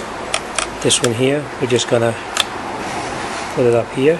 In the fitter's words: back where it belongs here and we'll hear it snap in